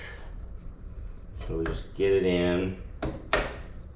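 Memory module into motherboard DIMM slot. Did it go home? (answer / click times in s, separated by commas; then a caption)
yes / 3.0 s, 3.3 s. A memory module is pushed down into a motherboard DIMM slot while someone talks. Sharp clicks sound at 3.0 s and 3.3 s as the retention latch snaps. The latch pops back in, showing the module is fully seated.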